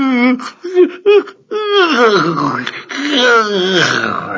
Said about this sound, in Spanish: A la mañana siguiente, tras levantarse de su camita de tierra, bostezó ruidosamente.